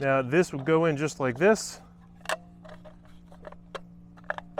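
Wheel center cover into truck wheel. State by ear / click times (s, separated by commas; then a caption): not seated / none. Someone talks, then handles a small OEM wheel center cover against a Cybertruck wheel, with a few faint taps and light clicks of plastic. Nothing has seated or clicked into place yet.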